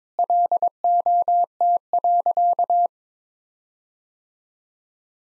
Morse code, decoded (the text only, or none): LOT.